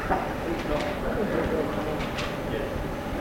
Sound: chuckles

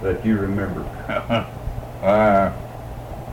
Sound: laughs

